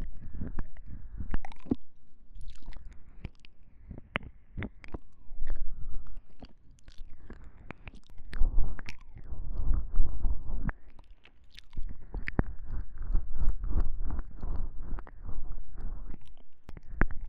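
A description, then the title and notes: Deep ear licking fills the clip with wet, sticky smacks and clicks that come quickly and unevenly, bunching into dense runs around the middle and again near the end. A soft low rumble and moist slurping sit underneath throughout, with no pauses. 我比較喜歡使用NT5舔耳的聲音.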